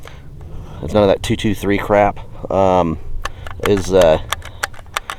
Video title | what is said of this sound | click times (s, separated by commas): Remington 760 GameMaster Review | doesn't lock in here properly I'm actually to show you what's wrong with this rifle | none